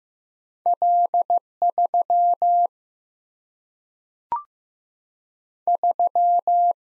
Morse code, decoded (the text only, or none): L 3 3